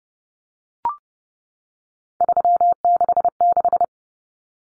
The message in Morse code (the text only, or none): 366